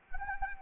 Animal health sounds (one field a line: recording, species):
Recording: mosquito wingbeat signal from an infrared sensor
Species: Anopheles arabiensis